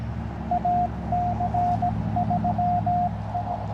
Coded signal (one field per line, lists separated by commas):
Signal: Morse code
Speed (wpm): 21 wpm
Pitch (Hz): 700 Hz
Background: none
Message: AC3I